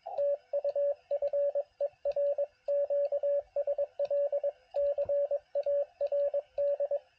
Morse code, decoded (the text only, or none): TU FER QSL CARD